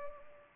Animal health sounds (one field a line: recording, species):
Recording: mosquito wingbeat signal from an infrared sensor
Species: Anopheles arabiensis